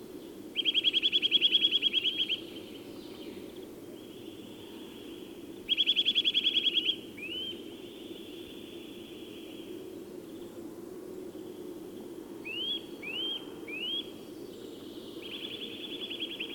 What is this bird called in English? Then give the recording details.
Eurasian Nuthatch. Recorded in the wild. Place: Kuchelmiß, Mecklenburg-Vorpommern, DE. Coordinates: 53.347, 12.347. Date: 1981-03-28. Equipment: Nagra III BH, Sennheiser MD 21, parabola. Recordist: Schubert, Michael. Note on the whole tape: Zwei Rufformen von zwei Kleibern